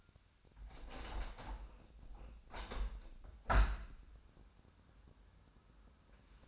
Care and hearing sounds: daily activity, microphone in the room; open window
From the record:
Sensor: 2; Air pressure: 1006.4 hPa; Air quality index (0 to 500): 194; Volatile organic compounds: 12 ppm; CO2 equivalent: 2374 ppm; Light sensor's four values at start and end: 9/21/8/9 and 9/21/9/9

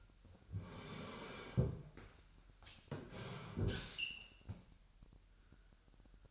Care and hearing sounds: daily activity, microphone in the room; sit down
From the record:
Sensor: 2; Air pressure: 998.4 hPa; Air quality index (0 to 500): 127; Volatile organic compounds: 3 ppm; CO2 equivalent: 1436 ppm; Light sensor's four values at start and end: 5/12/5/5 and 6/15/6/7

